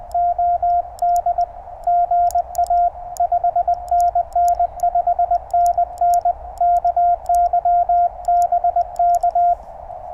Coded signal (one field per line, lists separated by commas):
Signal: Morse code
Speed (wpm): 20 wpm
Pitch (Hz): 1400 Hz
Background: radio noise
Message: OD GA 5NN 5NN KY BK